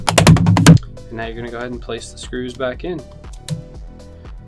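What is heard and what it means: The plastic/metal bottom case of a Lenovo IdeaPad 5 9i laptop is laid back on and pressed down onto the chassis, and its clips snap into place with a quick series of loud clicks at 0.1, 0.2, 0.3, 0.4, 0.6 and 0.7 seconds. The case is seated, and afterward someone talks over faint background music.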